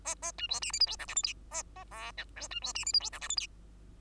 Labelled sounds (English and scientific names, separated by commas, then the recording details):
Bengalese Finch (Lonchura striata domestica) song
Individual Bird2